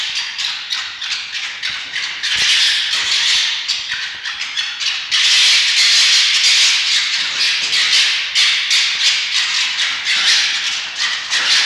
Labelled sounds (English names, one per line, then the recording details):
Red Fox
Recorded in captivity
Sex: male
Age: diverse
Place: Zoologisches Institut der HUB, Berlin, DE
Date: 1952-11-05 19:25
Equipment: Elmetra
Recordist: Tembrock, Günter
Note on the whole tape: Fritz und Toni: helles Keckern